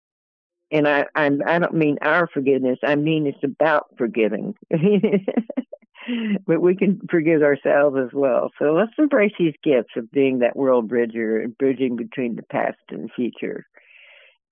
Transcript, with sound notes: and I don't mean our forgiveness, I mean it's about forgiving.
(laughs) But we can forgive ourselves as well, so let's embrace these gifts of being that world bridger and bridging between the past and future,